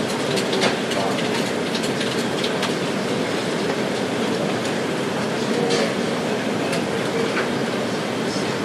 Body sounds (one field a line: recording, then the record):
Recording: background sound without coughing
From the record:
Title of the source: Office Sounds Ambience - Background Noise for Study and Work